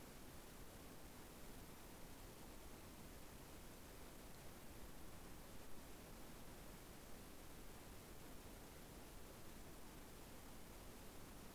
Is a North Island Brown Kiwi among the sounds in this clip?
no